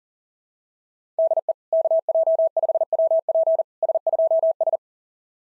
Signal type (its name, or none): Morse code